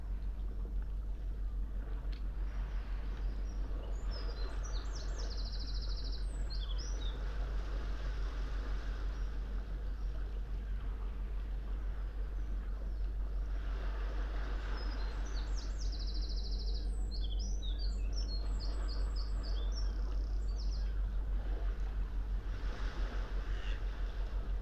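A calm early-morning sea by the rocks, with a deep, steady low drone like a boat engine underneath throughout. Soft washes of water swell and fade, and a small bird chirps in quick bursts around 5–8 and 15–20 seconds.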